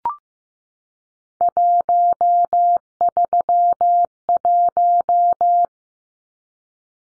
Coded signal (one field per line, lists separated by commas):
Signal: Morse code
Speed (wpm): 15 wpm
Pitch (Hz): 700 Hz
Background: none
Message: 131